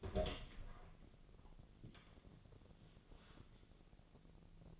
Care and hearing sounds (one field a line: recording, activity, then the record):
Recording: daily activity, microphone in the room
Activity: open door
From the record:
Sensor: 4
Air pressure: 1001.2 hPa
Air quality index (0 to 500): 182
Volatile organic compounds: 2 ppm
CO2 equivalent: 1307 ppm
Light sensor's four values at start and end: 17/40/16/17 and 15/35/14/15